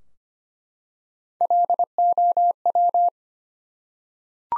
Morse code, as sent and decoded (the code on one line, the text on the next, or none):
.-.. --- .--
LOW